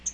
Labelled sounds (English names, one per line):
Pine Warbler flight call